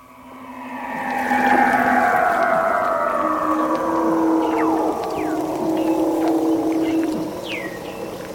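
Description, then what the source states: Weddell seal vocalization: long, slowly descending whistled tones overlapping, with steady tones near mid pitch and scattered short high downward chirps. Lives in the Antarctic; described as not sounding biological.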